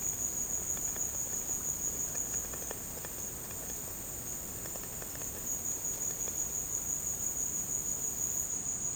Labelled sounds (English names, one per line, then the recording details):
none
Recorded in dense forest near Puerto Asís, Putumayo, Colombia, on 23 June 2025 at 11:00
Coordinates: 0.486, -76.317
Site G065